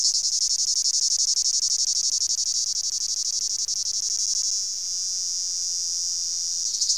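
Plebeian cicada singing a continuous high buzz, rapidly pulsing for about the first five seconds and then smoother, with no other sounds.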